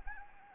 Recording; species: mosquito wingbeat signal from an infrared sensor; Anopheles arabiensis